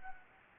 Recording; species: mosquito wingbeat signal from an infrared sensor; Anopheles gambiae